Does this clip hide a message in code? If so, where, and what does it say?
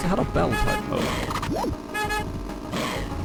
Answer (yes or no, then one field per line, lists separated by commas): no